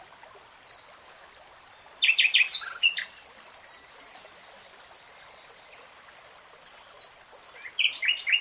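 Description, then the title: Nightingale song: faint thin whistles, a short burst of sharp chirping notes, a long quiet stretch, then more chirps at the end. "[Tiếng chim hót] REALTIME Nightingale Singing"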